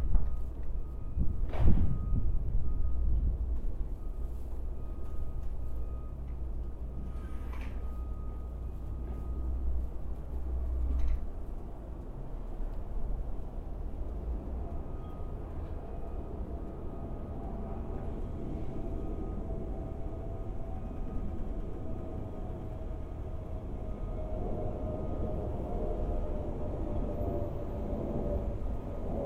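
A steady low rumble of passing traffic, trains or planes fills the whole stretch, heaviest in the deep lows. A sharp knock comes near two seconds, with a few brief clicks around eight and eleven seconds, and faint thin tones linger in the background.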